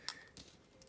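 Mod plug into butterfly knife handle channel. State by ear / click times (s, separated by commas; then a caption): partly seated / 0.1 s. A Zippy mod plug is pushed down with a finger into the handle channel of a Nabalis Canyon balisong butterfly knife, giving a sharp tick at 0.1 s. Fainter ticks follow near 0.4 s, 0.8 s and 0.9 s. The plug is still not fully seated.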